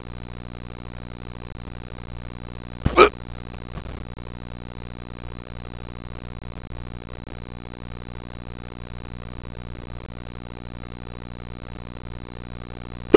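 A single sharp, abrupt hiccup from an adult sounds about three seconds in, followed by a much fainter one a second later. The rest is quiet apart from a steady low hum. These are involuntary diaphragm spasms cut off by sudden closure of the vocal cords.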